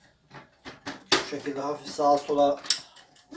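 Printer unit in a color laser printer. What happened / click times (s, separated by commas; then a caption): The plastic unit dropped into its seat / 1.1 s. A printer unit in an HP LaserJet Pro 200 Color MFP M276n color laser printer is wiggled slightly left and right until it drops into its seat. The sharp settling hit comes at 1.1 s, followed by someone talking. The unit is seated.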